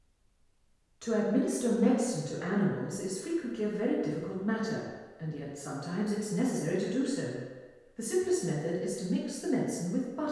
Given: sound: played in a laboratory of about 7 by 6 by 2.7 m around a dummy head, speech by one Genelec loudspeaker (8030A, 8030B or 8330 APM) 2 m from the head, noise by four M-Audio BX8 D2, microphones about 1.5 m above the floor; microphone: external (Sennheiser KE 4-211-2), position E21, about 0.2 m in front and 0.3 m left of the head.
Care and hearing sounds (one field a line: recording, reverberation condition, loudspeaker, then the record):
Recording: female speech in English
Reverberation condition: high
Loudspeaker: 120 degrees to the right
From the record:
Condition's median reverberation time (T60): about 1300 ms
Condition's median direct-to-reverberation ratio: about -4.0 dB